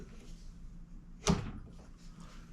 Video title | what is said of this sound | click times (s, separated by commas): Complete Build / Assembly - Creality Ender 3 S1 - 3D Printer | you see it snap into place | 1.3 s